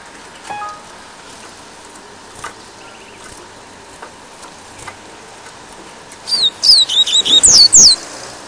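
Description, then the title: Double-collared Seedeater: faint clicks, then a rapid phrase of high, sharp, descending whistles near the end. "Canto Coleiro"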